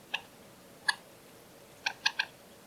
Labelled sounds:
Common Moorhen
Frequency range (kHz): Common Moorhen 0.6-7.7 kHz
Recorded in France

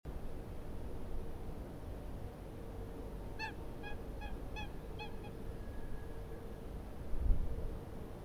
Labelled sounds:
Eurasian Coot
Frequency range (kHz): Eurasian Coot 0.8-8.3 kHz
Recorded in France

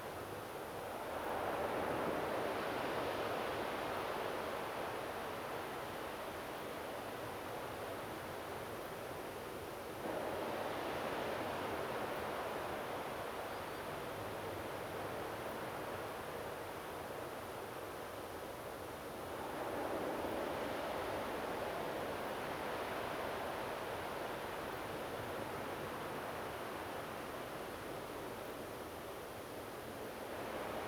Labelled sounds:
Common Sandpiper
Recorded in France

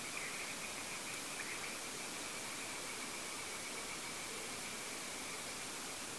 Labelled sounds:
unidentified animal sound
unidentified sound
Common Quail
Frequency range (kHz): Common Quail 1.6-2.7 kHz
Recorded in France

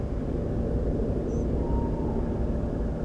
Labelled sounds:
European Pied Flycatcher
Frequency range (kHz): European Pied Flycatcher 5.5-8.2 kHz
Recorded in France

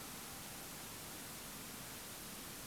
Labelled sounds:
none
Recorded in France

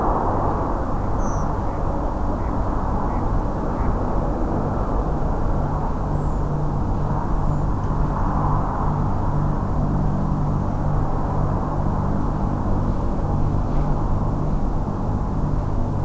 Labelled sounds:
Redwing
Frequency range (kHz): Redwing 5.4-8.2 kHz
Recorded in France

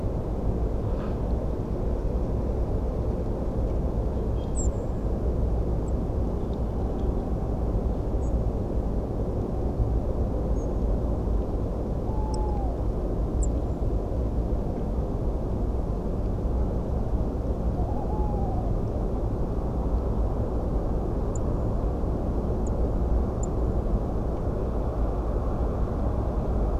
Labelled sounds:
European Robin
Song Thrush
Tawny Owl
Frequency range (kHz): European Robin 6.4-8.4 kHz; Song Thrush 4.9-10.8 kHz; Tawny Owl 0.6-1.0 kHz
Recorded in France

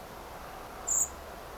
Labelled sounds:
Common Blackbird
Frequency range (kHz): Common Blackbird 6.3-8.4 kHz
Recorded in France

